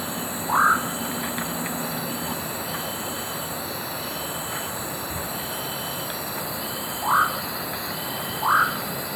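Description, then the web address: Blackish nightjar calls: three short, upslurred, croaking notes, one early and a close pair near the end, over a steady hiss of background noise. Recorded in Ecuador. "Birds of Ecuador. Blackish Nightjar"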